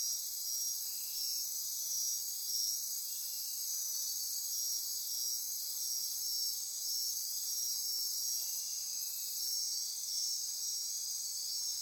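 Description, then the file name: Insect chorus of many callers forming a continuous high, pulsing shrill hum that barely changes in pitch or loudness. Insect chorus recorded at midnight near Corcovado. "Wind-is-the-Original-Radio-Fridays 20240628 Andy-Martin Midnight-Insect-Chorus-Near-Corcovado"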